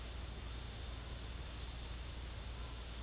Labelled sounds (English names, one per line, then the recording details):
none
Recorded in pastures near Puerto Asís, Putumayo, Colombia, on 8 March 2025 at 13:30
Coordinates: 0.502, -76.324
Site GP07